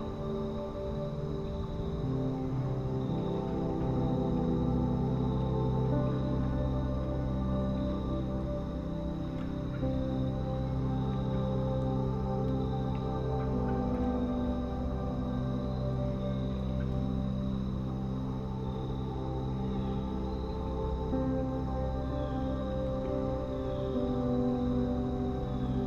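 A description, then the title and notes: Soft piano music plays with sustained, overlapping notes that ring into one another, mostly in the low and middle range. The level stays even throughout, with no sharp attacks. A faint, wavering higher line drifts in the background alongside the piano. Relax Outside with Piano.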